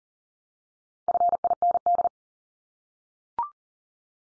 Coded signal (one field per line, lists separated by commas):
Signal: Morse code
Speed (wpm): 40 wpm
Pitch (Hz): 700 Hz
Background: none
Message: FIND